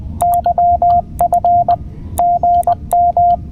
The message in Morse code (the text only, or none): YF GM